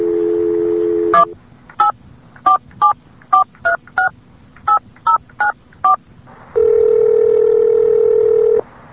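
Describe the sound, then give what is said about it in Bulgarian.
A steady telephone dial tone gives way to a quick series of about eleven short keypad beeps in an uneven rhythm, followed by another long, steady electronic tone, as a demonstration of the telephone company Master Call Communications. “Please enter your destination number now.”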